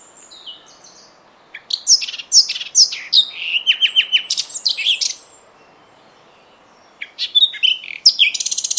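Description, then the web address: Bird calls: quick bursts of high, sharp chirps and short descending notes, broken by a silent pause before a final run of rapid ticking notes. "cianscape. Deverinetal 2025. Bird Only"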